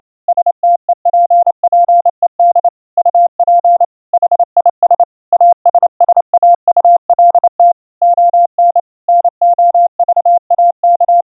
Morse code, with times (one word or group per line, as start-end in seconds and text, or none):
0.3-2.7 STEPPED
3.0-3.8 UP
4.1-5.0 HIS
5.3-7.7 ASSAULT
8.0-8.8 ON
9.1-11.2 NOVAK